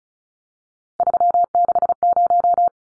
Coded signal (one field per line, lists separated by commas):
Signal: Morse code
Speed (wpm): 34 wpm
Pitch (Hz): 700 Hz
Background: none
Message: 360